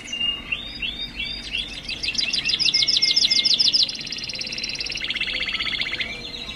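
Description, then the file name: Atlantic canary: rapid, high, repeated trills and buzzy rolls, changing phrase every second or two, over a steady low hum. Canaries singing together as a group (ombyokan). "kenari ombyokan omkicau"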